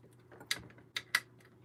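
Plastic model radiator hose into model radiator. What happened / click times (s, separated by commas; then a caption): The small plastic part snapped into place / 0.5 s, 1.0 s, 1.2 s. A plastic lower radiator hose part for a model is pressed into the hole on the model radiator and snaps in, giving three sharp clicks at 0.5, 1.0 and 1.2 seconds over a low steady hum. The hose is seated.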